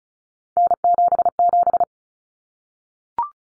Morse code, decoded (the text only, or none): N77